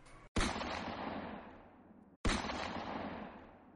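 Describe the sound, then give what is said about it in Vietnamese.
Two loud, sustained bursts of dense gunfire, each erupting sharply and rumbling on for nearly two seconds before fading, with a brief silent gap between them and no voices. “Tiếng súng dày đặc vang lên.”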